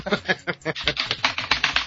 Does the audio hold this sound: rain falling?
no